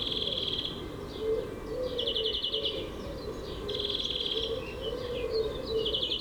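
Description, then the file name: European greenfinch delivering a string of quick rattling trills and chirpy twitters, while soft lower whistles sound in the background throughout. "Chloris chloris"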